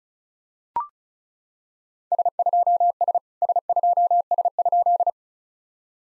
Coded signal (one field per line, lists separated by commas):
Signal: Morse code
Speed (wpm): 36 wpm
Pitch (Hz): 700 Hz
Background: none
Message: S2S S2S?